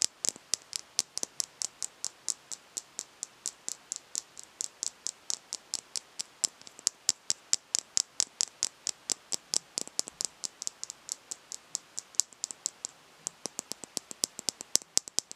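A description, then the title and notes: Quick, regular tapping on a product, about five sharp, bright taps per second for the whole stretch, each with a crisp clicky top. The pace holds steady with slight unevenness near thirteen seconds, over a faint soft hiss between taps. In this episode I will be "unboxing" my beauty bag and tapping on each product. Tapping & Crinkling Sounds - Crumpling, Tapping.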